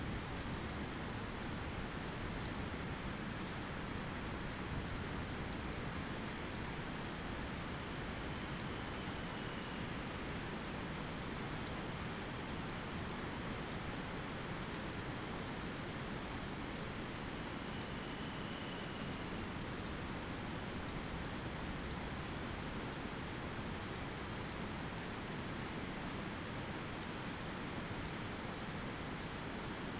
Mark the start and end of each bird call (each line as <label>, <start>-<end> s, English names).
Dunlin, 7.84-9.94 s
Dunlin, 17.55-19.30 s